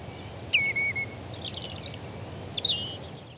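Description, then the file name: Common redshank call: one sharp note sliding down into a level tone, then softer trilled notes and a second call near the end. "pettegola"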